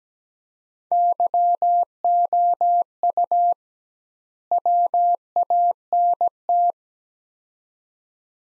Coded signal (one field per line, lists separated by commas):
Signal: Morse code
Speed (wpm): 17 wpm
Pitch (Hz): 700 Hz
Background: none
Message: YOU WANT